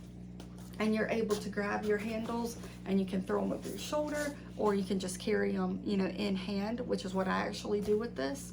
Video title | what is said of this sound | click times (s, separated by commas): Alpaka Gear Tote - Everyday Carry - Be Prepared | when you bring it close, you can hear it snap in. So it's magnetized, stays closed, | 0.4 s